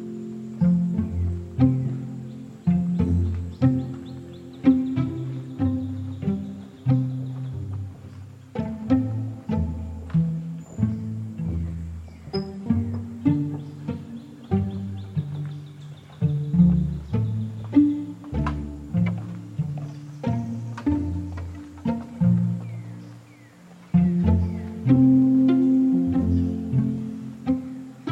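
A swamp soundscape from the Lettuce Lakes area of the cypress grove, filled with a dense, continuous chorus of low grunting and croaking calls that overlap and shift in pitch. Short sharper clicks break through throughout, and a brief tone stands out around 25 seconds.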